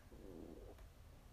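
A brief, low gurgling rumble lasting about a second: an adult's ordinary stomach growling before dinner, a normal gut sound.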